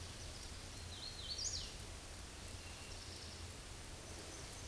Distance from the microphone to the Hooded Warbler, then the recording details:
about 50 m. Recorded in a Pennsylvania forest on 18 May 2023 at 09:36. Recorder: AudioMoth, point grid1_26_low. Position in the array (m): 195 m, 80 m